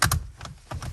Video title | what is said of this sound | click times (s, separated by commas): Lexus GSF Carbon Fiber DIY Install | we are snapped into place | 0.0 s, 0.1 s